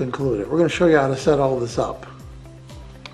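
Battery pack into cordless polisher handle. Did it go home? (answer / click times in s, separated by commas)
yes / 3.1 s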